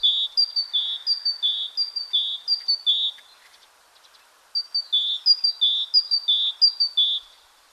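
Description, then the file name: Great tit song, a bright two-note 'teacher-teacher' phrase repeated rapidly in two bursts separated by a pause. "Parus major song"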